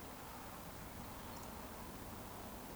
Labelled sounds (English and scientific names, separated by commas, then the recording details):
Eurasian Woodcock (Scolopax rusticola) whistle
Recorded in Baden-Württemberg, Germany, on 13 June 2020 at 19:25 UTC
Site 14569, 102 m above sea level